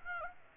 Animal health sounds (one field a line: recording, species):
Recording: mosquito wingbeat signal from an infrared sensor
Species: Aedes aegypti